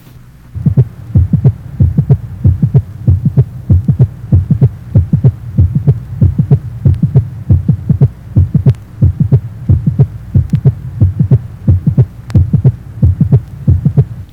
Age 35, normal systolic triple rhythm, mitral area, the loudest sound being the second heart sound.